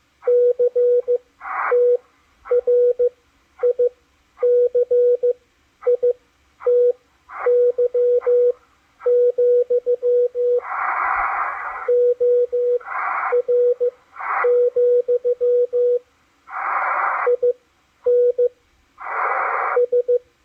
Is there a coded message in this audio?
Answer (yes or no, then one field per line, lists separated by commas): yes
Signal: Morse code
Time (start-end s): 0.3-20.2 s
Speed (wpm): 14 wpm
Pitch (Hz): 490 Hz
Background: radio noise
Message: CTRICITY, OR, INS